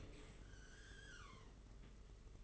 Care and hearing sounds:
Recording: daily activity, microphone in the room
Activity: open dishwasher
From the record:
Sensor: 4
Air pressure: 992.2 hPa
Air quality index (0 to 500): 108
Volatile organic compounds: 17 ppm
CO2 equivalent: 2587 ppm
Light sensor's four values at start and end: 23/78/29/30 and 23/79/29/30

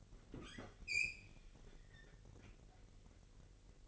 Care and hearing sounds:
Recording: daily activity, microphone in the room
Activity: open fridge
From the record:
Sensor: 4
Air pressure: 1002.8 hPa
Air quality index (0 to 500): 244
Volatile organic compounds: 18 ppm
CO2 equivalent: 2612 ppm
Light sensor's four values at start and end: 4/10/3/4 and 4/9/3/4

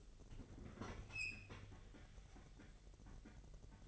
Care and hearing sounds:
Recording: daily activity, microphone in the room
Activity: open fridge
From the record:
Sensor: 4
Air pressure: 989.2 hPa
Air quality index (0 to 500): 222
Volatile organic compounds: 78 ppm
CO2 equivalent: 3593 ppm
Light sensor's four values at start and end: 27/93/34/36 and 26/91/33/36

